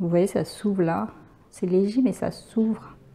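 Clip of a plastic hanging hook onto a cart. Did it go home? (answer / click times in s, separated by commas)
no / none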